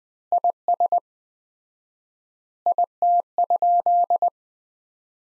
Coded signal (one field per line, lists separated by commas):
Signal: Morse code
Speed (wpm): 20 wpm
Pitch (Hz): 700 Hz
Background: none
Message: IS IT?